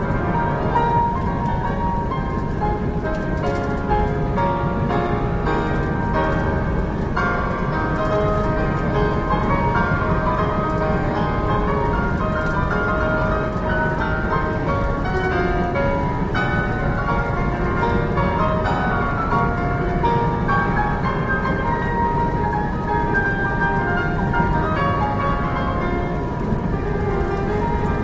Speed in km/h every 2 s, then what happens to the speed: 106, 105, 105, 105, 105, 103, 103, 103, 105, 105, 105, 105, 109, 106.
0-28 steady at about 105.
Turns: none.